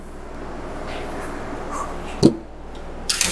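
A tool slips on a cam gear bolt in the camshaft of a 180k-mile Miata engine, during another attempt to break the cam gear bolts loose. Over a steady low hum, a sharp knock sounds at 2.2 s, then a louder metallic slip at 3.1 s with a second hit just after. The bolt head is stripping out.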